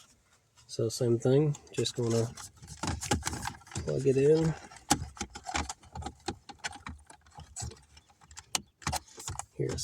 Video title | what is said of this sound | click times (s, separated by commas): Dodge Journey Android Radio Replacement | Hear a snap. | 8.6 s